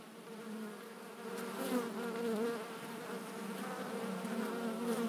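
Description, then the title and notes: Bee hum, a continuous drone with wavering tones, slightly louder after the first second. Bees flying in February at 16°C to collect hazelnut pollen, Langel, Cologne, Germany. "Langel, Köln, Deutschland - Bienen im Februar. Bees in February. Bei 16°C fliegen die Bienen auch im Februar, um Haselnusspollen zu sammeln"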